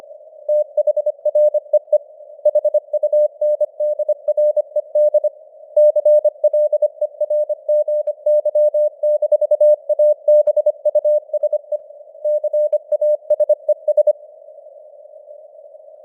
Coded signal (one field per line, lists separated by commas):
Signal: Morse code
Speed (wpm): 25 wpm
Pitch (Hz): 600 Hz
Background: none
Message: THREE HUNDRED CLERGY-ABUSE CASES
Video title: Morse Code News | 2025-12-09 | 25wpm